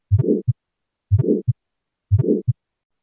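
Tetralogy of Fallot heard by stethoscope: a regular heartbeat at about 60 beats per minute. Each first heart sound is followed by a harsh, mid-pitched systolic murmur that fills most of systole. A brief, clear second heart sound comes after it.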